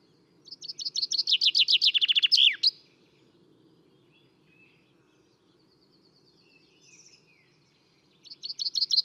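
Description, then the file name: Common chaffinch singing a rapid descending trill ending in a flourish, repeated after a pause, with faint other bird calls and low background rumble. "Fringilla coelebs"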